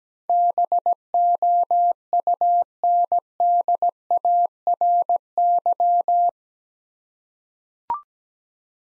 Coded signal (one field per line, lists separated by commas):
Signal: Morse code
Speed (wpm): 17 wpm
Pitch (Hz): 700 Hz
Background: none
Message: BOUNDARY